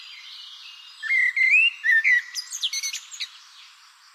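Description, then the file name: Common blackbird song phrase: several warbled fluting whistles, then a rapid series of higher squeaky twittering notes that fade out. "Turdus merula"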